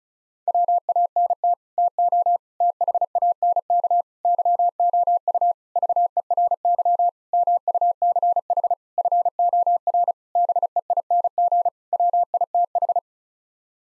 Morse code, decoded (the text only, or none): WANT TO THANK YOU VERY MUCH FOR BEING WITH